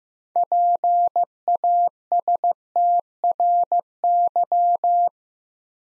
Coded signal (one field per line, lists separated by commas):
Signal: Morse code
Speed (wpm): 15 wpm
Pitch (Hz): 700 Hz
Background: none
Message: PASTRY